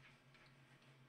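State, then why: Not seated. A spare spool pin is handled as it is fitted a second time and pressed down toward the accessory storage groove of a Janome JW8100 sewing machine. A steady low hum runs under faint, soft ticking and rustling, with no sharp transient. Nothing has seated or clicked yet.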